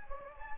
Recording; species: mosquito wingbeat signal from an infrared sensor; Anopheles gambiae